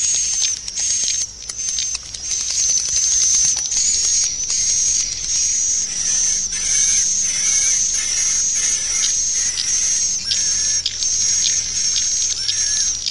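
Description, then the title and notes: Swiftlet calling: a thin high whistle with dense twittering chirps, and fainter short lower notes repeating in the middle section. Swiftlet sound used for swiftlet farming in Asia. "Swiflet Bird Sound. Farming Swiflet Bird asia sound"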